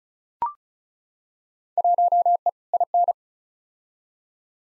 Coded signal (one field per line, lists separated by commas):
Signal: Morse code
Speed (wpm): 34 wpm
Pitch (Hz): 700 Hz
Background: none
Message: 1E IN